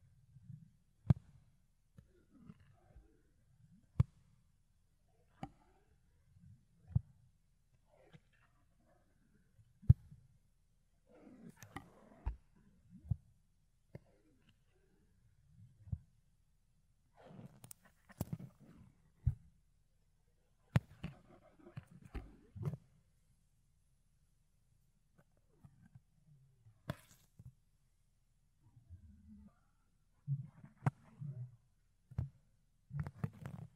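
Fluffy ear cleaning and ear picking: soft, muffled low rubbing sounds come in short bursts, punctuated by sharp clicks and crackles every second or two. Activity clusters around 11–13, 17–23 and 30–33 seconds, with near-silent pauses between.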